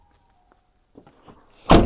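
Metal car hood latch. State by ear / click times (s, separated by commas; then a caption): released / 1.7 s. The bonnet release lever under the steering wheel of a 2004–2010 Vauxhall Astra H is pulled to open the bonnet latch. After faint taps around 0.5 s and 1.0–1.3 s, a loud, sharp broadband clunk sounds at 1.7 s as the bonnet latch clicks open and is released.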